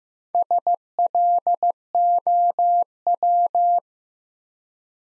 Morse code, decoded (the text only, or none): SLOW